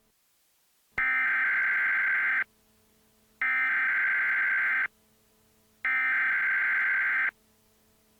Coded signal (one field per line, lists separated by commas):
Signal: Emergency Alert System (SAME) tones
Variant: header bursts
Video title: EAS Scenario #1 - Nature's Wrath